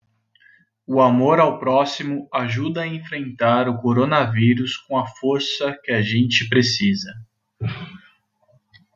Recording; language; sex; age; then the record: spoken sentence; Brazilian Portuguese; male; 30 to 39 years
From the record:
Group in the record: control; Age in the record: 31 years